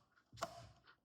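A fixed-blade knife is reseated into its Kydex sheath, with a rising sliding sound from about 0.3 s leading into a sharp retention click, the second one, at 0.4 s, followed by a short fading rustle. The knife snaps firmly into the sheath and is seated.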